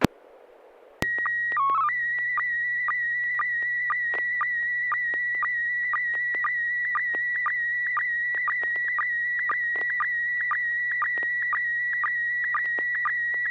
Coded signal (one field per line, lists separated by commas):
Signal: SSTV (slow-scan television)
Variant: PD 120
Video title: N6NA SSTV Net - 11/27/2024